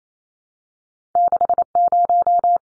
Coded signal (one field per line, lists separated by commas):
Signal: Morse code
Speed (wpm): 28 wpm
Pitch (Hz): 700 Hz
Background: none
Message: 60